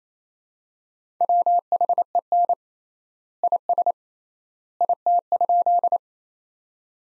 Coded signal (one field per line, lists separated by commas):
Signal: Morse code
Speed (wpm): 28 wpm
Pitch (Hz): 700 Hz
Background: none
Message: WHEN IS IT?